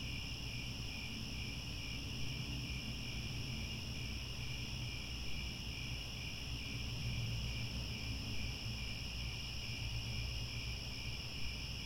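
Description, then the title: Crickets keep up a level, high-pitched pulsing chorus with no breaks, accompanied by a steady low background rumble. Chorus of crickets at twilight, as the sun sets and stars appear. "Crickets Chirping at Twilight"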